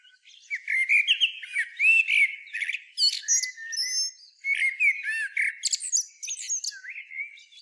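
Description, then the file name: Common blackbird song: continuous fluted warbling laced with frequent high, squeaky and chattering notes throughout. "Turdus merula"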